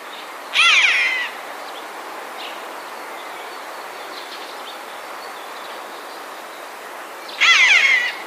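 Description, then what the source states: Eurasian jay uttering two loud, hoarse screeches, short and grating, separated by about six seconds of quiet background hiss. Alarm call recorded on 9 March 2016.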